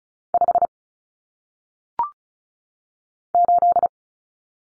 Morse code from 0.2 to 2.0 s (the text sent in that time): 5